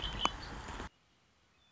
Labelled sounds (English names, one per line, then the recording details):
Red-winged Blackbird
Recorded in Sonoma County, California